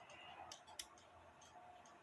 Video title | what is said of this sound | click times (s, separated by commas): How to determine if needed and to install bushings in a cuckoo clock/clock (See description) | get it started in one pivot and then spread the plate apart just a little bit to uh to get it to uh snap into place | 0.8 s